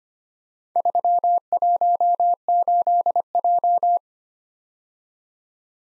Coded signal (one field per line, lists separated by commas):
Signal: Morse code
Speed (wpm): 28 wpm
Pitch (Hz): 700 Hz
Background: none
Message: 318J